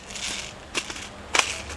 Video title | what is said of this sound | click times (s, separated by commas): *AIRSOFT* - TM MP5 RAS | very solid clip into the gun now I'm going to wind the crap out of this | 1.4 s